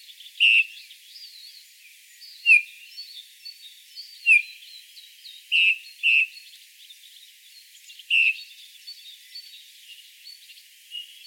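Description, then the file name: Eurasian bullfinch giving mellow, slightly downslurred whistled calls, several singly and one close pair, amid a continuous thin chirping of other birds. "Pyrrhula pyrrhula"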